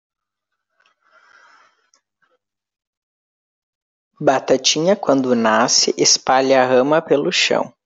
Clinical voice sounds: short text; Brazilian Portuguese; male; 30 to 39 years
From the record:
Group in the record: control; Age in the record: 30 years

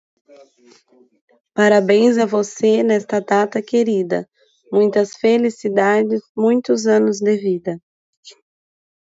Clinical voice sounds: short text; Brazilian Portuguese; female; 30 to 39 years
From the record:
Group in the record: control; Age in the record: 36 years

